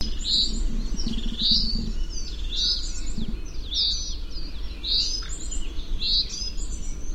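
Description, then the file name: Common chaffinch calls: short bright notes repeated about once a second, with fainter higher chirps and a low steady background rumble. "Fringilla coelebs"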